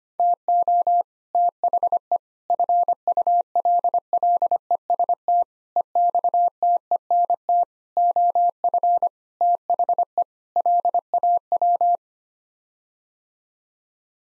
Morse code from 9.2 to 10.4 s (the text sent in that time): THE